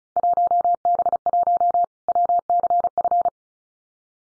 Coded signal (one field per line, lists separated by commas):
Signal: Morse code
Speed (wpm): 34 wpm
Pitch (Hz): 700 Hz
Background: none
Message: 1B1 WCF